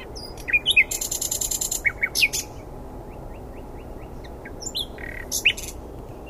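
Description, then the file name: Common nightingale singing varied phrases: sharp chirps, a brief dense buzzy trill, upslurred notes and a soft series of quiet repeated ticks, over low background hiss. "Luscinia megarhynchos"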